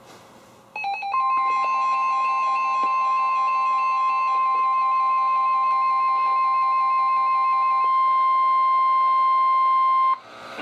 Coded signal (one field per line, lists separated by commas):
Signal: Emergency Alert System (SAME) tones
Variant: 1050 Hz attention tone